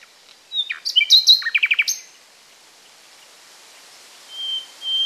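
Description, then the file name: Common nightingale singing a short phrase of varied chirps ending in a quick run of rapid repeated notes, followed by silence and a faint thin whistle. "Luscinia megarhynchos"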